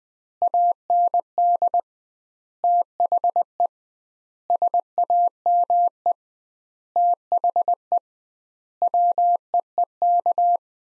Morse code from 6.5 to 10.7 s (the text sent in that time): THE WEEK